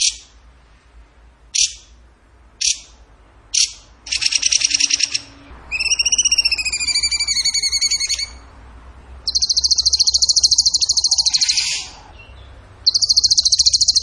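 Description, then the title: Bird song mixing sharp high chips, rapid buzzy trills, and a series of sliding, wavering whistled notes, with long high rattles near the end. Masteran (training recording) for song birds in the tembakan gacor song style. "Masteran Burung Tembakan Gacor"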